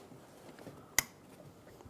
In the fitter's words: make sure you hear a click